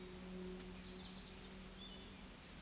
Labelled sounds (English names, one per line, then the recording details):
Eurasian Woodcock whistle
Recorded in Baden-Württemberg, Germany, on 16 June 2021 at 20:05 UTC
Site 18672, 474 m above sea level